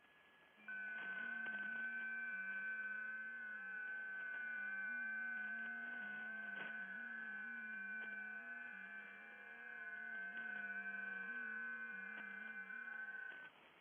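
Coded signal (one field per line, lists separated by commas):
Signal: FT8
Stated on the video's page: Real over-the-air FT8 or JS8Call on 40m via an NVIS dipole, live stream, not SDR or simulation.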